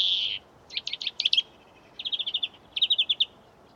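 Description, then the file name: European greenfinch calls: a drawn-out nasal wheeze, then three quick bursts of rapid, high twittering chips against a quiet background. "Chloris chloris"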